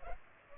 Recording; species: mosquito wingbeat signal from an infrared sensor; Culex pipiens